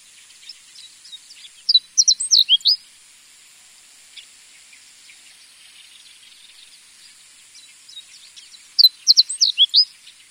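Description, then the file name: Japanese Reed Bunting uttering two short bursts of high, clipped, falling chirps roughly seven seconds apart, with faint bird notes and steady hiss between. "kojurin"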